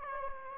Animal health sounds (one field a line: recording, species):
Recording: mosquito wingbeat signal from an infrared sensor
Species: Aedes aegypti